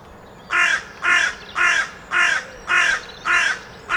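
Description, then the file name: Carrion crow calling a steady series of hoarse, grating caws, evenly spaced about every half second. "Corvus corone"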